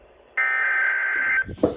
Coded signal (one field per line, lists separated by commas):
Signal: Emergency Alert System (SAME) tones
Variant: header bursts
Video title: Patchy Dense Fog SPS and CRP RWT on WXK26 (EAS #250)